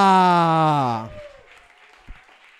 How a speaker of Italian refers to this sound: Allora, ve li vado a presentare uno per uno e poi chiamo appunto il primo a esibirsi. Un applauso per